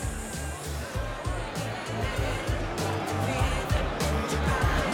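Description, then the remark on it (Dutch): A stadium crowd cheers after Vito van Kooi scores 2-0 for Sparta against Emmen: a loud, dense, sustained roar that swells slightly over the five seconds, with rhythmic low chanting or drumming pulsing underneath. “Een hoop gejuich, hoor ik.”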